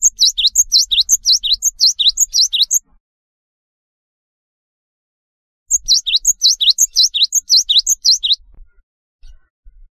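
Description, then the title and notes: Java sparrow song in two phrases of fast, high, repeated dipping chirps, each phrase lasting about three seconds, with a silent pause between. "Kicau Burung Gelatik"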